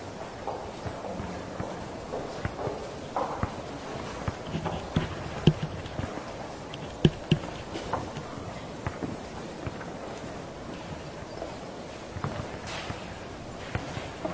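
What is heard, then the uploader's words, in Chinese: An after-school classroom full of scattered shuffling and knocking: footsteps, scraping and thumps of objects come irregularly through the whole stretch. A few sharper clacks stand out near five and seven seconds, and faint mid-pitched sounds, possibly voices, drift underneath. 放学后的教室。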